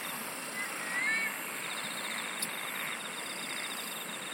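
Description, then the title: Insects keep up a fast pulsed trill while a few thin whistled notes sound early on; a sharp click sounds midway through the steady chorus. "SINGING OF INSECTS"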